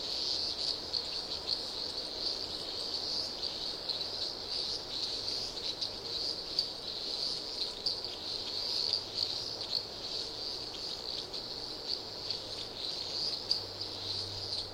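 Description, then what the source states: Cricket chorus forming a continuous high buzzing trill, dense and even throughout, with faint pulsing texture. Various Australian insects, crickets calling in a loop.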